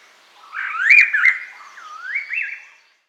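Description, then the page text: Silver-eared laughingthrush: one drawn-out phrase of warbled whistles that swoop up and down, ending in a rising flourish. "Silver-Eared Laughingthrush Call Sound Effect. Quick Sounds"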